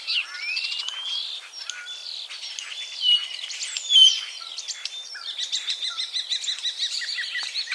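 Common starling chattering in a varied stream of squeaks, short whistles and clicks, with two louder sharp notes in the middle.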